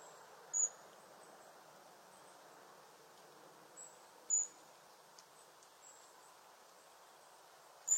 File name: Canto do chapim de crista